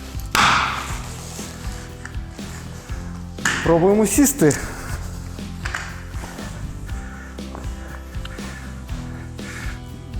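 A wide plastic foot pad is pressed onto another aluminium leg of an Eagle Rock folding camping chair with a backrest, so the chair won't sink into soft ground or sand. It snaps on with a sharp, loud click at 0.4 s and seats fully. Someone talks over background music, with a few lighter knocks and taps afterward.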